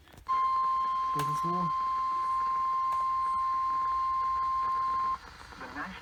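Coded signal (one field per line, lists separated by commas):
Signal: Emergency Alert System (SAME) tones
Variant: 1050 Hz attention tone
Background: speech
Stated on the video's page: Real alerts received mostly on NOAA Weather Radio transmitter KEC92, some on WXM57 and KJY99, and one on television station WHRO-TV.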